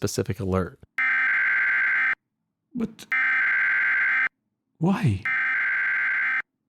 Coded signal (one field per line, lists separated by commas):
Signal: Emergency Alert System (SAME) tones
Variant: header bursts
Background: speech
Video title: European Reacts to Emergency Alert Systems (EAS) are Scary